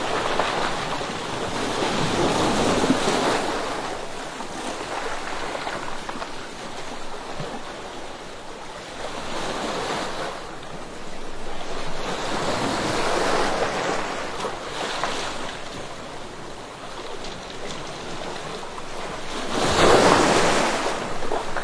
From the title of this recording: The turbulent waves are beating against the rocks - there is the sound of stones falling back